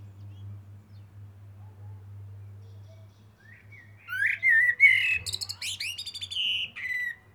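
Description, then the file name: Eurasian blackbird delivering one rich fluted phrase that breaks into scratchy high twittering, over a steady low hum heard throughout. "Turdus merula"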